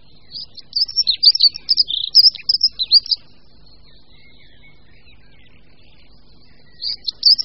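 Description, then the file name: Dunnock song: a fast, high, jumbled warble of squeaky notes lasting about two and a half seconds, then a pause before another phrase begins. "Pěvuška-modrá"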